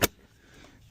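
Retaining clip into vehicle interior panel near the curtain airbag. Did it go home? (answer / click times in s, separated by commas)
yes / 0.0 s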